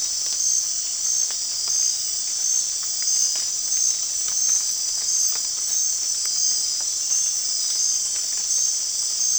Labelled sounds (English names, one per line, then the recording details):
none
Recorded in dense forest near Puerto Asís, Putumayo, Colombia, on 13 March 2025 at 23:30
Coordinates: 0.499, -76.324
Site GP03